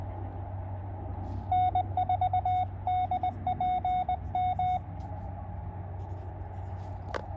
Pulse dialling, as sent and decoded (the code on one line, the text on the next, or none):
none